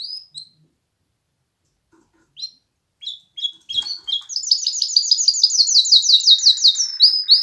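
Canary song: sparse high chirps after a quiet gap, building into a fast, even trill of sharp repeated notes.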